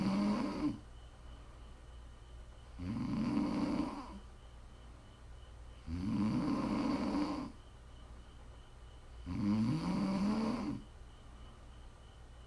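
Four loud, rough inhalation snores about 3.3 seconds apart, around 18 a minute, each lasting roughly a second and a half with quiet exhalations between. Steady, rhythmic snoring during sleep in a small, quiet room.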